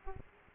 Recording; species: mosquito wingbeat signal from an infrared sensor; Aedes aegypti